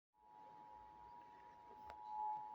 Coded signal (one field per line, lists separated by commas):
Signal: Emergency Alert System (SAME) tones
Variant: 853 and 960 Hz attention tone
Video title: EAS - Severe Thunderstorm Warning during Crashbox (2024 HBOFP)